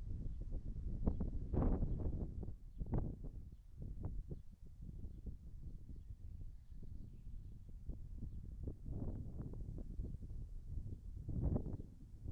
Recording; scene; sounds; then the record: everyday scene through a hearing-aid microphone; wind on the microphone; wind, birds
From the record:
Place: in front of a rural house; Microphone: behind the ear, right, rear